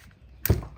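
An old secondary cam chain tensioner shoe on a Harley motorcycle engine is pried off its mounting post, giving a sharp metallic snap at 0.5 s over a quiet background. The tensioner pops free and comes off its post.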